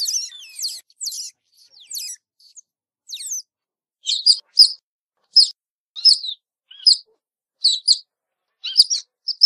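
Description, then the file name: Otter calls: a rapid run of thin descending squeaks at first, then high sharp chirps, singly or in small groups, about once a second. "Sonido de la Nutria"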